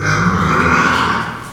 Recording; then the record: squeal of a Yucatan mini pig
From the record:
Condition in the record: after surgery on the right vocal fold (resection and tissue-engineered implant); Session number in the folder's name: 15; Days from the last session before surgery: 175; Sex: female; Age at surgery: 19 weeks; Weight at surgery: 25 kg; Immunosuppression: prednisolone